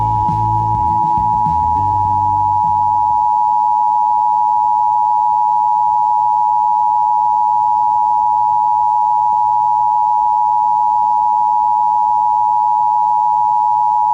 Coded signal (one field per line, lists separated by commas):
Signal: Emergency Alert System (SAME) tones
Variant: 853 and 960 Hz attention tone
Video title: [EAS] America's Last Month